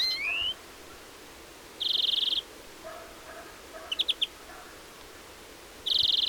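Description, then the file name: European greenfinch calls: a rising nasal wheeze, then a buzzy trill and a short quick chatter of four notes, with a second buzzy trill near the end. "Chloris chloris"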